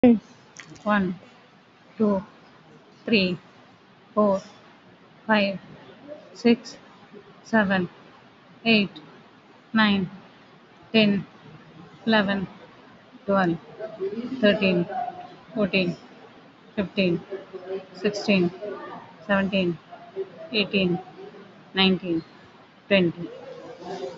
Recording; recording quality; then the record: counting at a normal pace; excellent, no background noise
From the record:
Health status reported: COVID-19 positive, moderate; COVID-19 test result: positive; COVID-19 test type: RT-PCR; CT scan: taken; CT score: 4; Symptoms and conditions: cough, cold, fatigue, muscle pain, loss of smell and taste, another respiratory illness, hypertension, diabetes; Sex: female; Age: 46 years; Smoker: no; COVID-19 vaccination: both doses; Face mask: worn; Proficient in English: yes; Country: India